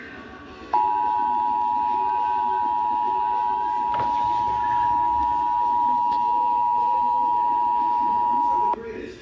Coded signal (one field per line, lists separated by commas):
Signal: Emergency Alert System (SAME) tones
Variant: 853 and 960 Hz attention tone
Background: speech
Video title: EAS #26 Flash Flood Warning